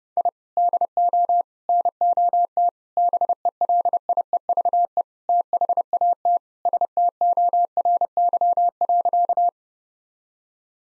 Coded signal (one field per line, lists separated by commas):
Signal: Morse code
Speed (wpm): 30 wpm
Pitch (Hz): 700 Hz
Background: none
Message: I DO NOT BELIEVE THAT STORY.